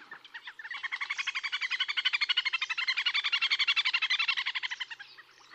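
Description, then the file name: Little grebe trilling: a fast, high whinnying trill of rapidly repeated notes that swells in loudness and fades after about four seconds. "Tuffetto"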